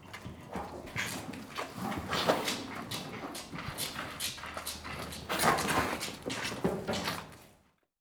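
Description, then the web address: Domestic cattle calves suckling: rapid, irregular wet sucking and slurping bursts, several per second. Calves suckling from a cow in a barn. "BBC Sound Effects Library. Calves Suckling Cow In Barn"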